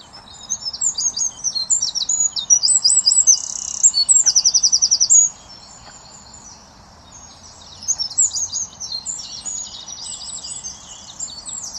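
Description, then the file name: Eurasian wren pouring out a loud high song of quick trills and buzzy rattles, a silent gap, then another burst of rapid twittering notes. "Troglodytes troglodytes"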